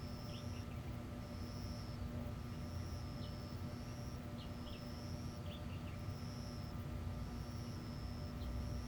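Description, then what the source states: Insects chirping, high, even trills coming in bursts about every second, with fainter quick chirps below and a low, steady hum underneath. Recorded indoors in a school hall at night.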